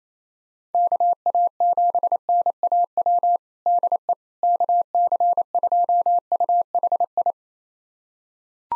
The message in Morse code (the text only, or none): KA7NAW DE KC2UHI